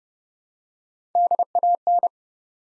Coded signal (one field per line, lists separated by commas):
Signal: Morse code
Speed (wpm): 30 wpm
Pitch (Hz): 700 Hz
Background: none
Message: DAN